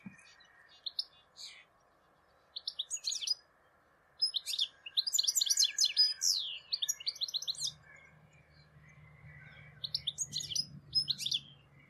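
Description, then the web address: Bird giving repeated bursts of quick, high-pitched chirps separated by short pauses, with a low steady hum entering in the second half. "Deverinetal. Bird Only"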